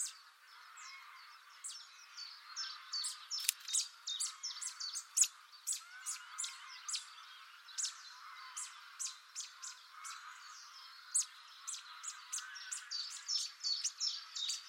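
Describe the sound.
Bird chirps: many sharp, high notes, irregular and overlapping, throughout.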